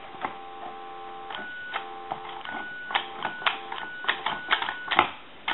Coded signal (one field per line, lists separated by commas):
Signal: ZX Spectrum tape loading